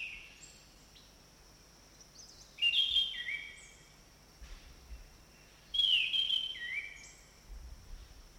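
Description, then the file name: Orange-banded thrush song: clear descending whistled phrases with a lower trailing note, repeated roughly every three seconds against faint constant hiss. Forest setting. "anis cendana hutan omkicau"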